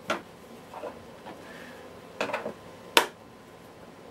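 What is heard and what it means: During reassembly of a Miele S8 C3 Complete cylinder vacuum cleaner, a plastic internal component is pushed into the body housing, with a knock at 0.1 s and a short burst of rattling plastic around 2.2–2.5 s. It finishes with a sharp, loud snap at 3.0 s as the part seats into place.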